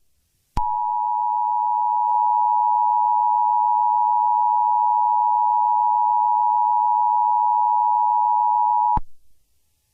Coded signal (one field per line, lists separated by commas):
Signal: Emergency Alert System (SAME) tones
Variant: 853 and 960 Hz attention tone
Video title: EAS Mock scenario: The Hunted